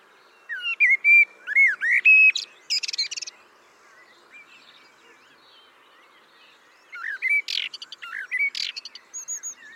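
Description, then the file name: Common blackbird song: two mellow fluted warbling phrases, each ending in a high squeaky twitter, separated by about four seconds of near silence. "Turdus merula"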